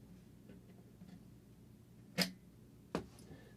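New SO-DIMM laptop-style memory modules are inserted at about a 40 degree angle into a mini PC memory slot and pushed down until the retention clips snap. Sharp clicks are heard at 2.2 s and 3.0 s over a quiet background, with a faint tick just after. The modules are seated in place.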